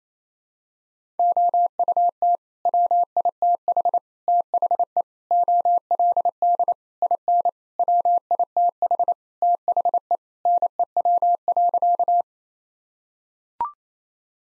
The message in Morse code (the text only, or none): OUT WITH THE OLD IN WITH THE NEW.